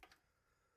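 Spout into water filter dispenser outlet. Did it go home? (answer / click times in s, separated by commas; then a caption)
yes / 0.0 s, 0.1 s. A plastic spout with an O-ring is pushed into the outlet of a countertop water filter dispenser, and the O-ring was not wetted first. Two short sharp clicks sound at 0.0 s and 0.1 s, the first louder, followed by quiet room tone. The spout is confirmed seated in place.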